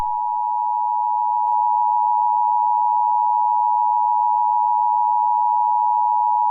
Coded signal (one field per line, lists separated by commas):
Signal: Emergency Alert System (SAME) tones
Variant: 853 and 960 Hz attention tone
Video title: Stick nodes The White EAS emergency alarm short film